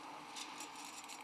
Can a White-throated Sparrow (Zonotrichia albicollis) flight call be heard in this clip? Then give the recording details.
no. No flight call is heard. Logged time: 10:57 on 13 December 2014